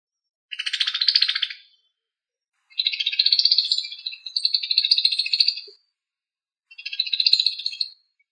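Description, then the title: Bird song in three bursts of dense, scratchy chattering trills with buzzy notes, each lasting one to three seconds, separated by short silences. "LuckyPassaros CompletosSama"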